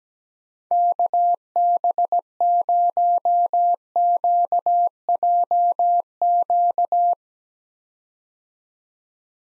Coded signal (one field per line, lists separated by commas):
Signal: Morse code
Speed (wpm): 17 wpm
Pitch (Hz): 700 Hz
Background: none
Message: KB0QJQ